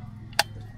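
A small metal piece is fitted into its holder, with a faint tick at 0.3 s followed by a single sharp, bright click at 0.4 s over a low steady hum. The piece seats in place.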